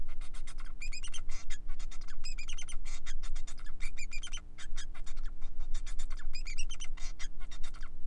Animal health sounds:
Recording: song of a male Bengalese finch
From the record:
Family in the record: son of father 4

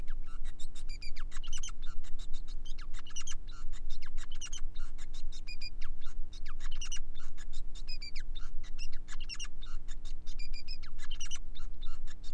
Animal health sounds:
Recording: song of a male Bengalese finch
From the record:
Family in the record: son of father 5

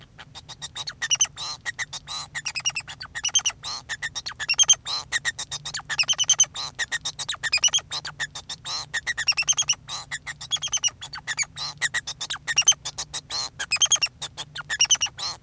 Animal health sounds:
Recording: song of a male Bengalese finch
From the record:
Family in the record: son of father 2

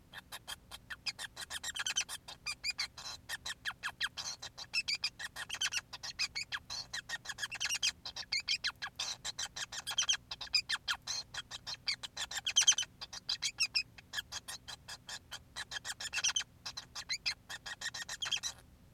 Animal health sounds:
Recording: song of a male Bengalese finch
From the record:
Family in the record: son of father 5

